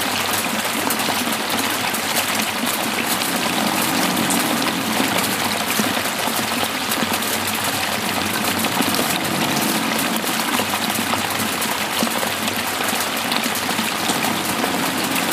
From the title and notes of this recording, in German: Natur - Oberer Wildalmsee, Kitzbühler Alpen. Aufnahme des Regens, den ich am oberen Wildalmsee in den Kitzbühler Alpen aufgenommen habe, im Schutz meiner Biwakplane.